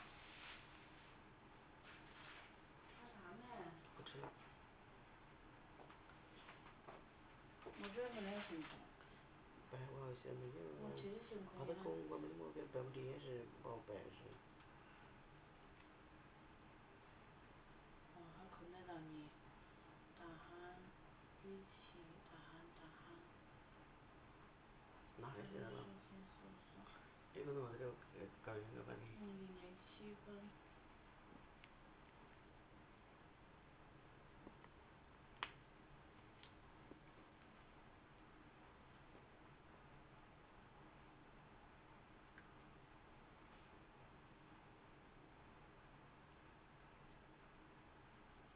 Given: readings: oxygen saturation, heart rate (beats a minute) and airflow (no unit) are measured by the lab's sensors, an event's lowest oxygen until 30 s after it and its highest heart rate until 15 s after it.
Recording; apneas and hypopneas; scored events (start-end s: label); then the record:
a person awake in a sleep study, by a voice recorder at the bedside; none
0.00-48.56 s: awake
0.00-48.56 s: awake
From the record:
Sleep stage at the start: awake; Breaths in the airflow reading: 18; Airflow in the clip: -0.7 to 0.7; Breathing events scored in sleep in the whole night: 328 in 6.3 hours asleep